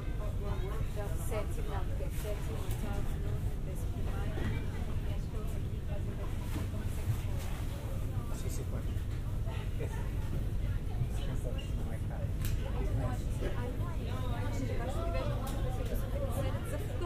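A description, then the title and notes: Aboard a ferry crossing, a constant low engine rumble fills the space beneath a steady murmur of many passengers talking. Voices overlap throughout without pause, none standing out clearly, and occasional brief clicks and knocks punctuate the even, unchanging din. Crossing the Solent on Wightlink's Fastcat Catamaran service. I travel on Wightlink’s Wight Ryder 2 ferry from Ryde to Portsmouth, on the south coast of Great Britian. Binaural.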